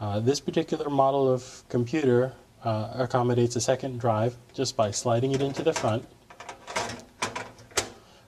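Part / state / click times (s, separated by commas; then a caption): IDE hard drive into PC front drive bay / seated / 7.8 s. A secondary IDE hard drive is slid into the front drive bay of a desktop PC. Someone talks at first, then short sliding and knocking sounds follow from about 6.4 s. The drive snaps into place with a click at 7.8 s.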